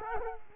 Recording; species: mosquito wingbeat signal from an infrared sensor; Culex quinquefasciatus